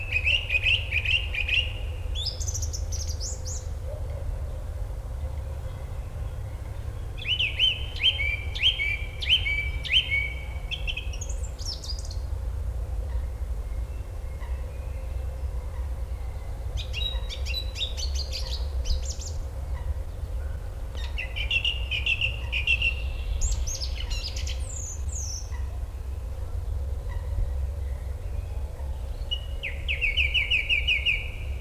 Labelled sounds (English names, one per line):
Song Thrush song